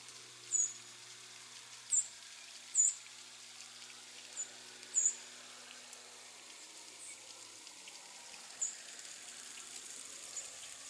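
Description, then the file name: Harris's sparrow calls: sharp, high-pitched tseep notes repeated irregularly about every one to two seconds, then sparser, against a soft hissing background. "Harris's Sparrow - Zonotrichia querula"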